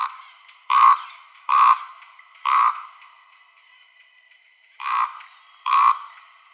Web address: Schulze Peter Common Raven